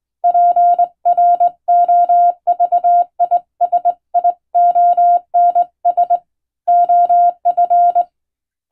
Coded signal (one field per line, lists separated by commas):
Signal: Morse code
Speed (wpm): 22 wpm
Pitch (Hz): 700 Hz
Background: none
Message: PROVISIONS OF